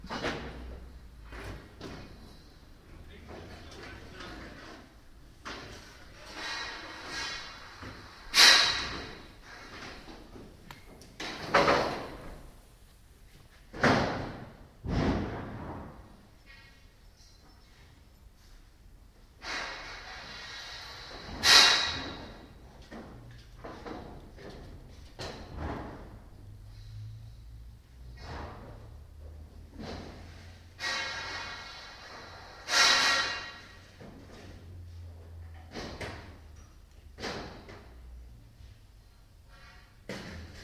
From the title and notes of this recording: Construction workers are building a scaffold around the Theresia of Ávila church in The Hague. October 1st 2011.